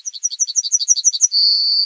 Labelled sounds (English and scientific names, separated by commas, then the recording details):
Yellowhammer (Emberiza citrinella) song
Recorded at under 5 m from the bird
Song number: 124